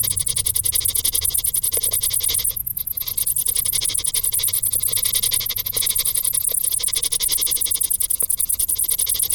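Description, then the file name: Crickets chirping with high, fast pulses throughout, with a couple of short dips and a faint low background rumble. "Grillen"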